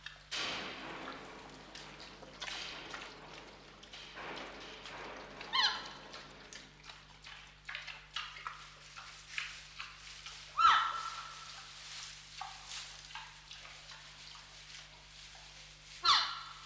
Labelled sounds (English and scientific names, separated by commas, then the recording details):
Red River Hog (Potamochoerus porcus) call
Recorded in captivity
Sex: pair
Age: adult
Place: Zoo Berlin, Berlin, DE
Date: 1995-03-04 10:00
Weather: heiter bis wolkig, 1 - 5 °C
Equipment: Marantz CP 130, Sennheiser ME 80, Kopie Uher Variocord 263
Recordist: Tembrock, Günter